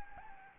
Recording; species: mosquito wingbeat signal from an infrared sensor; Anopheles gambiae